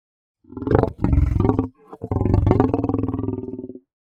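Lion gives a harsh, breathy snarl in two long growling pulses, the second steadier.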